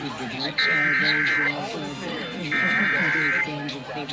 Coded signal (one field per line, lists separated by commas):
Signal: Emergency Alert System (SAME) tones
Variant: header bursts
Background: speech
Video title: Los Angeles Required Monthly Test (EAS #333-382) 7/27/21